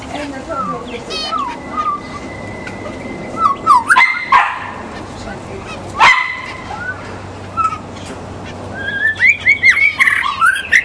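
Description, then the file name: White-rumped shama song with scattered whistles and chatters, two loud harsh bursts midway, and a quick run of clear notes at the end; steady low hum behind. In the forest. "murai batu di hutan"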